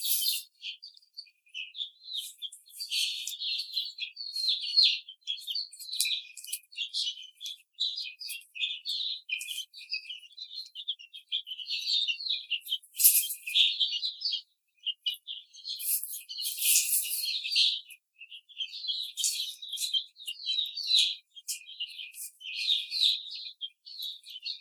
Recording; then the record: young laying hens in a cage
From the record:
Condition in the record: treatment cage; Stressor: simulated dog barking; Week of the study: 5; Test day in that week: 1